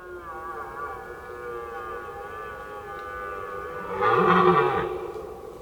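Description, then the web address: Red deer with a long, faint, steady moaning tone, broken by one loud, rasping roar that arches up and down. During the rut. "rotwild rothirschbrunft"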